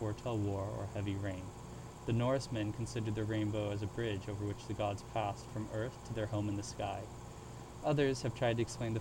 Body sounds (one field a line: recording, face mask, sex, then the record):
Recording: reading aloud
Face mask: surgical mask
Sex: male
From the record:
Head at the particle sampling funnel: tilted up or above it, chin in front of it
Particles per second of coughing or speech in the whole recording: 0.0361